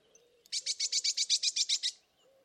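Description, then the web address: Bird giving one quick, evenly spaced rattle of about eleven high, harsh notes lasting under two seconds, over a faint low hum. "Bird Only"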